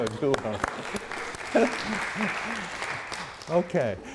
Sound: laughs

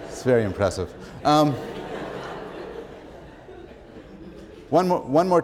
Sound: laughter

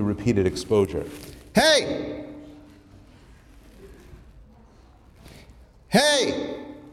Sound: shouting again

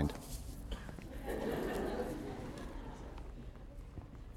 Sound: laughter

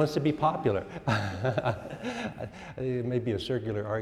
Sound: laughs

